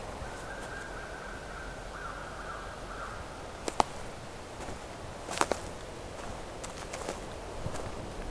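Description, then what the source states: American crow giving a few caws, with a faint steady whistled tone early on. Distant crow heard during a forest walk.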